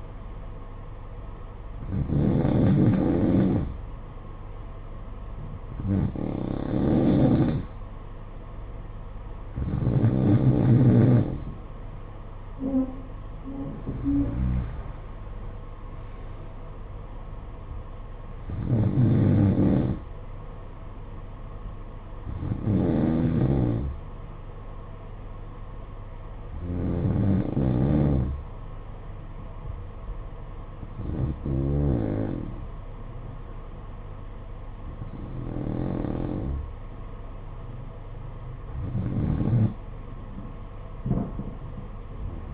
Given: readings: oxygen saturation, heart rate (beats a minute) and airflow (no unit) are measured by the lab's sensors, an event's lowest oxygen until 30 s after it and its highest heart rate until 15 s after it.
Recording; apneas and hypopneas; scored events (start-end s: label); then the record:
breathing in sleep by a smartphone at the bedside; none
none scored
From the record:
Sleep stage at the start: N2 (light sleep); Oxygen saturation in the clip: 91 to 93%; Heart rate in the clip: 51 to 56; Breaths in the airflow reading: 10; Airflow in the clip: -11.0 to 9.0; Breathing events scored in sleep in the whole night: 476 in 9.7 hours asleep